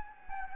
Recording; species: mosquito wingbeat signal from an infrared sensor; Anopheles gambiae